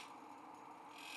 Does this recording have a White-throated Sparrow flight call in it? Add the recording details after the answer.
no. No flight call is heard. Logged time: 02:56 on 5 December 2014